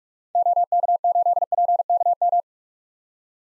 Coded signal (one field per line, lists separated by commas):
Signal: Morse code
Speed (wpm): 44 wpm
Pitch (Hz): 700 Hz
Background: none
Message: OK8PKM